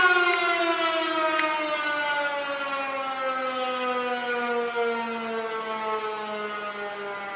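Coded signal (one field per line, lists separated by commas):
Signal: siren signal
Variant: Federal Signal Model 7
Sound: one steady, slowly descending mechanical siren wail with rich harmonics, no breaks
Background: outdoor ambience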